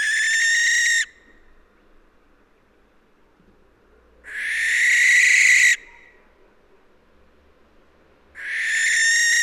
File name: Schleiereule - Tyto alba